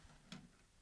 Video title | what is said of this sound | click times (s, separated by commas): Corsair 650D Review | and that just presses in and clicks into place | 0.3 s